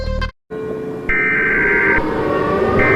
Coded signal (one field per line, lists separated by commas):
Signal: Emergency Alert System (SAME) tones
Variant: header bursts